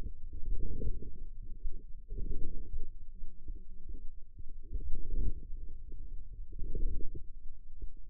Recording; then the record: forearm muscle sounds (acoustic myography)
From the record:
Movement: inward rotation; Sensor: system 2, bracelet of six BSWA MPA416 microphones around the upper forearm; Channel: 5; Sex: female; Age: 21 years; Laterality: right